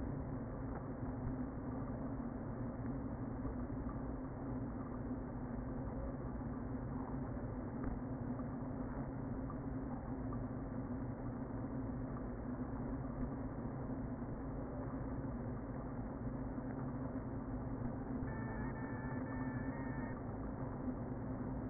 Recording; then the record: honeybee colony, microphone inside the hive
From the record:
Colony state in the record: queen present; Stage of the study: before two queens were removed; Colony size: about 60,000 bees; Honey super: yes